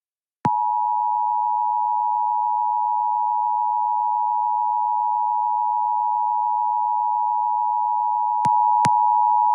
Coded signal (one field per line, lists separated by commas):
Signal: Emergency Alert System (SAME) tones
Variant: 853 and 960 Hz attention tone